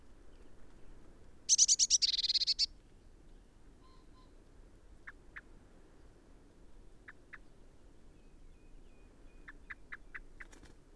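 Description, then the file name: Eurasian blue tit calls: a loud buzzy churring rattle, then scattered high, thin notes and a short quick run of sharp notes. "Cyanistes caeruleus"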